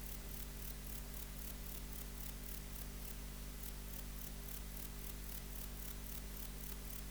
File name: Platycleis albopunctata